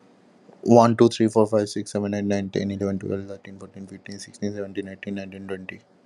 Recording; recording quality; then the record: counting at a normal pace; poor, much background noise or distortion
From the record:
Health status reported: healthy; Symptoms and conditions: none ticked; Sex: male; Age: 21 years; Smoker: not ticked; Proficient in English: yes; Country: India